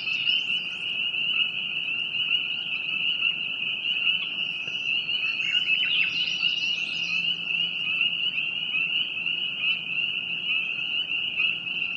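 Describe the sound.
Continuous shrill frog chorus, steady throughout, with a short burst of scratchy higher calls midway.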